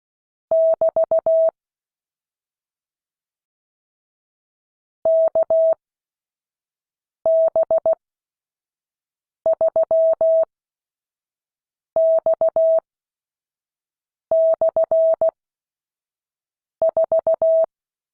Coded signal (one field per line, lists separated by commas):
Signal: Morse code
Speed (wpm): 16 wpm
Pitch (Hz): 650 Hz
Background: none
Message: <BT> KB3X/4